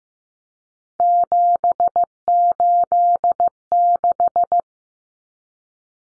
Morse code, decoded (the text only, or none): 786